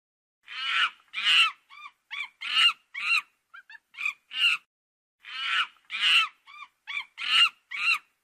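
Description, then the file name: Monkey calls: harsh, raspy cries alternate with short, higher, tonal yelps in two bursts, separated by a pause of about a second. "Tieng khi keu"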